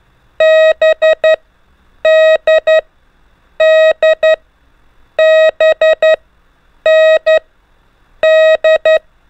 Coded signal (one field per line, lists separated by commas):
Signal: Morse code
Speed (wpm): 11 wpm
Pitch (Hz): 630 Hz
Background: none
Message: B D D B N D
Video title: 4. ( N - D - B ) EASY TO LEARN MORSE CODE BY GROUPINGS W/ INCREASING SPEED 5 MINS A DAY